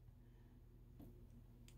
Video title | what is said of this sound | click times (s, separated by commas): Force 28R Nitro engine rebuild | that clip wasn't fully seated and I went click and I felt it pop back in again so just | 1.7 s